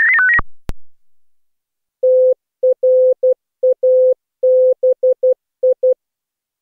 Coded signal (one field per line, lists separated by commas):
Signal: Morse code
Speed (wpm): 16 wpm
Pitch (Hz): 510 Hz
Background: none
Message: TRABI